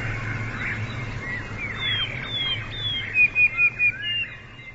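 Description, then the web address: Sparrow chirping: short, quick chirps, then a run of four louder chirps near the end, over a steady low hum. "wroblowe teka"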